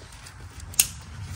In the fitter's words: We're gonna put our clip back on, listen for the click.